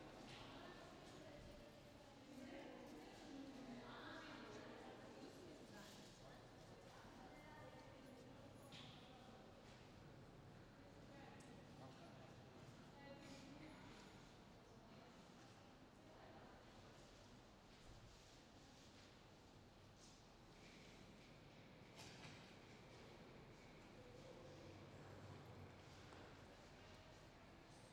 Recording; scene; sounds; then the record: everyday scene through a hearing-aid microphone; reverberant space; background noise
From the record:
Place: railway station hall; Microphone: in the ear canal, left